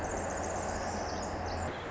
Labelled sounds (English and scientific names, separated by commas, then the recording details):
Pacific Wren (Troglodytes pacificus)
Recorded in Sonoma County, California